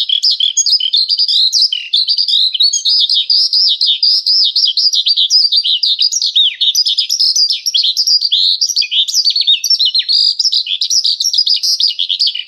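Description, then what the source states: Horsfield's bush lark pouring out a continuous, unbroken warble of high, rapidly changing chirps and slurs without pause. Vietnam-type song style.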